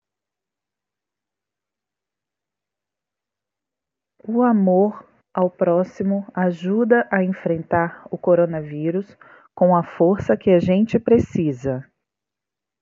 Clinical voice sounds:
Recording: spoken sentence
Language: Brazilian Portuguese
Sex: female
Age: 30 to 39 years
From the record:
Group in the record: control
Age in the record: 39 years

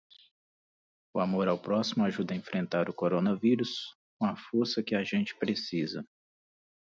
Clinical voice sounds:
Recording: spoken sentence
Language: Brazilian Portuguese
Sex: male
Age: 40 to 49 years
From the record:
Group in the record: control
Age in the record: 43 years

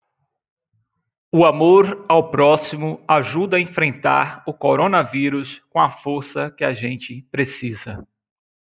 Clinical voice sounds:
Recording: spoken sentence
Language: Brazilian Portuguese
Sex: male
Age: 40 to 49 years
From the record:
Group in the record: control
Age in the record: 44 years

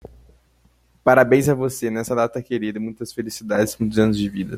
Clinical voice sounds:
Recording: short text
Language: Brazilian Portuguese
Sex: male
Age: 20 to 29 years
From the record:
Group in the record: control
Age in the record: 21 years

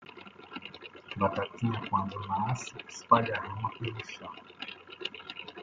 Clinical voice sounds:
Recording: short text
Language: Brazilian Portuguese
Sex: male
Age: 50 to 59 years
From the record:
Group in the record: control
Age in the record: 59 years

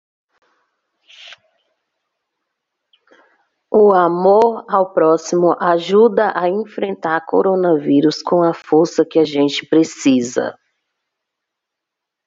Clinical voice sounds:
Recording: spoken sentence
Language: Brazilian Portuguese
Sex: female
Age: 30 to 39 years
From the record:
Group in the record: control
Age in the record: 34 years

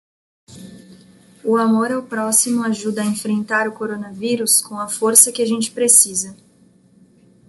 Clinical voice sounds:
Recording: spoken sentence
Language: Brazilian Portuguese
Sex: female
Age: 20 to 29 years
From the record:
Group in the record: control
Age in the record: 23 years

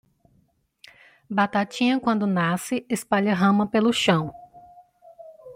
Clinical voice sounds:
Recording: short text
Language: Brazilian Portuguese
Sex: female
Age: 30 to 39 years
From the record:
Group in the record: control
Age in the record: 33 years

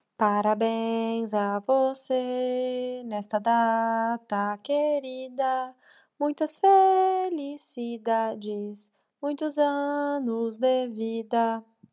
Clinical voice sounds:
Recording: short text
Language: Brazilian Portuguese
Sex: female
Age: 30 to 39 years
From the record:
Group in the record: control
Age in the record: 31 years

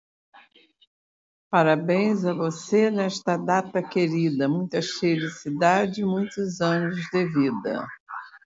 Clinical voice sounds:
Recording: short text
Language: Brazilian Portuguese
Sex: female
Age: 60 to 69 years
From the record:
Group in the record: control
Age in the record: 66 years

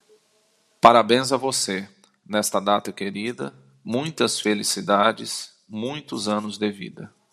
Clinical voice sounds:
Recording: short text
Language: Brazilian Portuguese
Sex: male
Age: 40 to 49 years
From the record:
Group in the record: control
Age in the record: 40 years

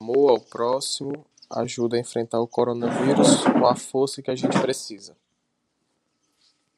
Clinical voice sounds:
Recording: spoken sentence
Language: Brazilian Portuguese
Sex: male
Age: 30 to 39 years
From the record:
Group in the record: control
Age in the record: 33 years

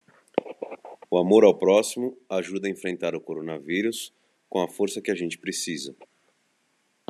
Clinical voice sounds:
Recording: spoken sentence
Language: Brazilian Portuguese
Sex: male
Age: 40 to 49 years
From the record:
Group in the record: control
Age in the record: 42 years

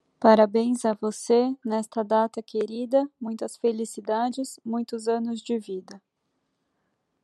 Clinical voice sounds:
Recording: short text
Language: Brazilian Portuguese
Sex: female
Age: 30 to 39 years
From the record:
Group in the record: control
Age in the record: 31 years

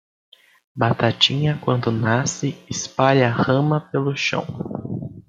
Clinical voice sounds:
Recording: short text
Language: Brazilian Portuguese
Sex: male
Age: 18 to 19 years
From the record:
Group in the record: control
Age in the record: 18 years

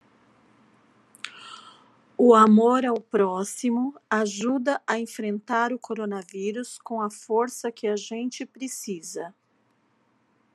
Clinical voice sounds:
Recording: spoken sentence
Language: Brazilian Portuguese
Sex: female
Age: 40 to 49 years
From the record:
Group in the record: control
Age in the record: 47 years

